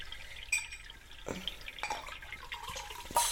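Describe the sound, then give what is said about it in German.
Water is poured into a glass, a short splashy trickle broken by a few bright drips and gurgles, rising at the end, with no one speaking. “Möchtest du ein Schluck Wasser?”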